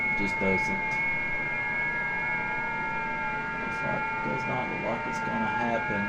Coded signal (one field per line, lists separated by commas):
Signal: FT8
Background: speech